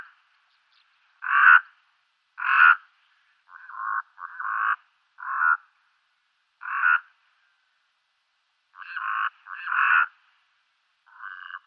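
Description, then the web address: Brown-necked raven calls, a series of short harsh croaks, given singly and in pairs with brief pauses between. "Schulze Peter Brown-necked Raven"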